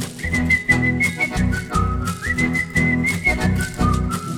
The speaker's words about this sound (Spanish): Clodomiro muy tranquilo de su truco musical, le silbó la cancioncita con toda seguridad.